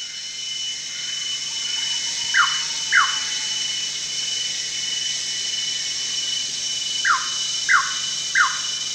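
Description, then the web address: Greater racket-tailed drongo calls: short downslurred notes, a pair then a trio, over a steady high hiss. Recorded at Danum on 1 January 2008. "DANUM 20080101. greater racket-tailed drongo"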